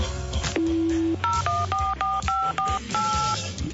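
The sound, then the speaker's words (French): A steady low tone sounds briefly, then about seven bright two-tone keypad beeps of shifting pitch follow in quick, uneven succession as a phone number is dialed on a mobile phone, over a low rumbling background. “Vite mon portable.”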